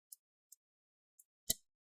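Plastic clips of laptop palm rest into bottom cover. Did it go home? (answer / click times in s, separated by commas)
yes / 0.1 s, 1.5 s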